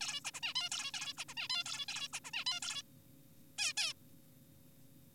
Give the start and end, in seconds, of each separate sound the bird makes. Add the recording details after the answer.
0.01-0.20, 0.25-0.31, 0.34-0.41, 0.43-0.54, 0.56-0.69, 0.72-0.91, 0.94-1.14, 1.18-1.25, 1.29-1.34, 1.37-1.48, 1.50-1.64, 1.66-1.86, 1.89-2.08, 2.13-2.20, 2.25-2.31, 2.34-2.44, 2.46-2.60, 2.62-2.83, 3.58-3.73, 3.77-3.93. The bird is an adult. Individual g4p5U